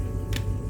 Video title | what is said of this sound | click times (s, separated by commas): 100 RIBUAN MENANG BANYAK!!! Review Jinke Mega Deformation (Knockoff Megatron Transformers One) | Nah, sudah ngunci dia di situ nih. | 0.4 s